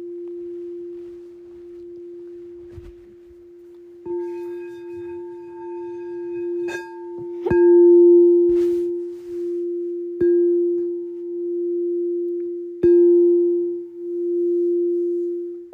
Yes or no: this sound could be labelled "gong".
yes